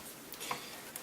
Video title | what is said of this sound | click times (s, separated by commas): Fixing hinge tape film holders Large format film holders | way it was snaps in place | 1.0 s